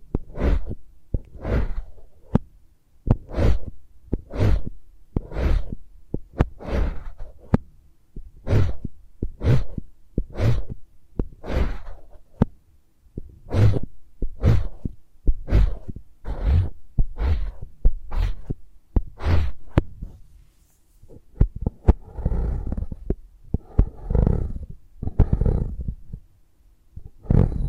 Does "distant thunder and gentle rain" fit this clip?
no